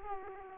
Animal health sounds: mosquito wingbeat signal from an infrared sensor; Aedes aegypti

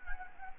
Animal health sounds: mosquito wingbeat signal from an infrared sensor; Anopheles gambiae

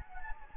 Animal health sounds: mosquito wingbeat signal from an infrared sensor; Anopheles gambiae

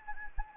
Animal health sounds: mosquito wingbeat signal from an infrared sensor; Anopheles gambiae

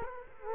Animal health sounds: mosquito wingbeat signal from an infrared sensor; Culex quinquefasciatus

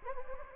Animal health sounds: mosquito wingbeat signal from an infrared sensor; Anopheles gambiae

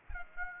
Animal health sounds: mosquito wingbeat signal from an infrared sensor; Aedes aegypti

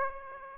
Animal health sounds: mosquito wingbeat signal from an infrared sensor; Aedes aegypti

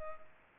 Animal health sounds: mosquito wingbeat signal from an infrared sensor; Culex pipiens

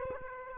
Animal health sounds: mosquito wingbeat signal from an infrared sensor; Aedes aegypti

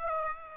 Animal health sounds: mosquito wingbeat signal from an infrared sensor; Aedes aegypti

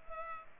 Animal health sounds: mosquito wingbeat signal from an infrared sensor; Culex pipiens

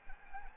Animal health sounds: mosquito wingbeat signal from an infrared sensor; Anopheles arabiensis

